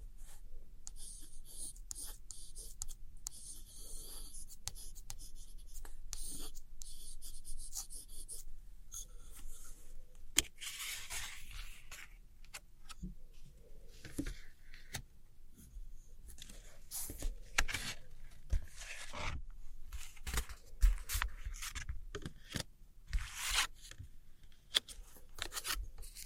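Dry scratching and tracing across old postcards, with soft rasping strokes through the first ten seconds. After that come light, irregular taps and short scrapes at a steady, unhurried pace, over a low, quiet hum.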